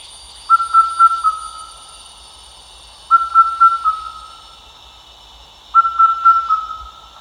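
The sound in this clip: Indian cuckoo calling: three evenly spaced four-note whistled phrases, each note crisp and the final one drawn out, against a steady high background hum.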